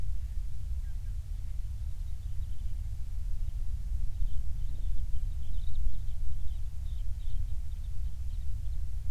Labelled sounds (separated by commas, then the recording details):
songbird
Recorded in the Prudhoe Bay oil fields, Alaska, on 28 July 2019 at 06:25
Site 25